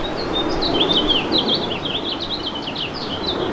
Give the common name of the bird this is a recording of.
House Finch